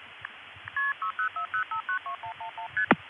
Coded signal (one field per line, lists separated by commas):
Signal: multi-frequency trunk signalling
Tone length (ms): 110 ms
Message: KP600592111ST